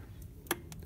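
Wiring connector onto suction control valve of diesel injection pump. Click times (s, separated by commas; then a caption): 0.5 s. An electrical connector is pushed onto the suction control valve of a Toyota diesel fuel injection pump in a cramped engine bay. A sharp, bright click at 0.5 s is the connector seating home, with fainter ticks around it over low background noise. The connector is confirmed seated.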